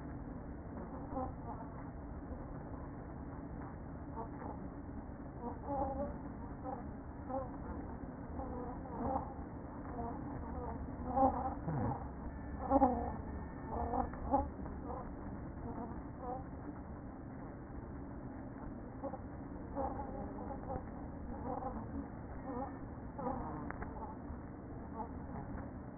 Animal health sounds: honeybee colony, microphone inside the hive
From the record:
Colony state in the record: queen present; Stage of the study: after two queens were removed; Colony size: about 60,000 bees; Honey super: yes

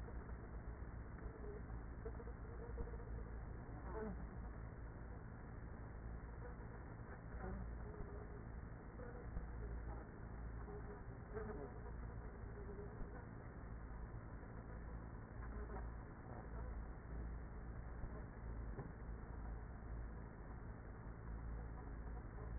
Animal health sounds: honeybee colony, microphone inside the hive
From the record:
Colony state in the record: queenless with a low population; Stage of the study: after two queens were removed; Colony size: about 30,000 bees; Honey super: no

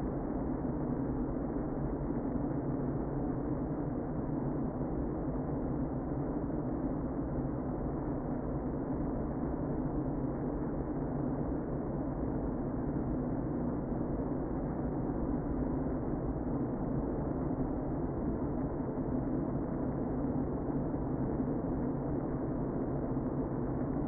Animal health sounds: honeybee colony, microphone inside the hive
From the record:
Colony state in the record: queen present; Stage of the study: before two queens were removed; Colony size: about 60,000 bees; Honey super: yes

